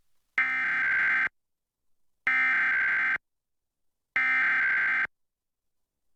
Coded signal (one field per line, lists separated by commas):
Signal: Emergency Alert System (SAME) tones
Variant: header bursts